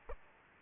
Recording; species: mosquito wingbeat signal from an infrared sensor; Aedes aegypti